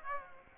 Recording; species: mosquito wingbeat signal from an infrared sensor; Aedes aegypti